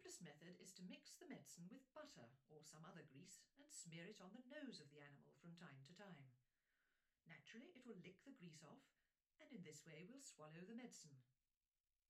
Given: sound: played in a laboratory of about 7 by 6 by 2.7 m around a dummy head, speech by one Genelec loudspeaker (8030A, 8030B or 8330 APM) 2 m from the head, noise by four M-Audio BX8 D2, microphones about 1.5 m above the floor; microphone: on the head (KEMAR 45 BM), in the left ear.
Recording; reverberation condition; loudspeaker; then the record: female speech in English; low; behind (180 degrees)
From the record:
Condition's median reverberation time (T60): about 310 ms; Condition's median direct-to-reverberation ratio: about 3.5 dB